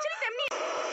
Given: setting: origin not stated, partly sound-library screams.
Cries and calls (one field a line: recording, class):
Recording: one-second piece from a danger detection set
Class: woman in danger